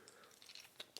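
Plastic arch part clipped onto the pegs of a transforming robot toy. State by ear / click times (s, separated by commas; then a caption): seated / 1.0 s. A plastic arch from the back of a transforming robot toy is pushed onto two small pegs at the top to position and lock it in place. Faint handling ticks and light plastic scuffs lead to a sharp click at 1.0 s, and the arch is clipped in.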